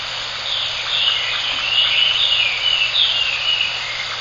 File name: ガビチョウ 遠藤